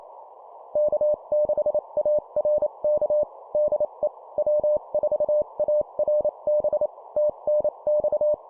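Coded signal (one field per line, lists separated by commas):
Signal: Morse code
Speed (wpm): 28 wpm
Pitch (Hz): 600 Hz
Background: none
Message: K6ARK DE W4ARB TNX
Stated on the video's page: Simulated example CW CQ and QSO exchange at 25 WPM.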